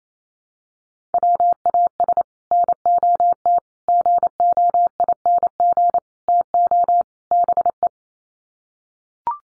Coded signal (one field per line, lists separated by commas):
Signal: Morse code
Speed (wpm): 28 wpm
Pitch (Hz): 700 Hz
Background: none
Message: WAS NOT GOING TO BE